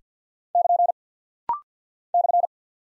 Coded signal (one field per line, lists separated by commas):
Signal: Morse code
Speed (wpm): 50 wpm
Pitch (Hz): 700 Hz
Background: none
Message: <KN> /